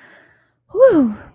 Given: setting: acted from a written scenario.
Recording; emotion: vocal sound without words; ecstasy